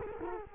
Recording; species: mosquito wingbeat signal from an infrared sensor; Culex quinquefasciatus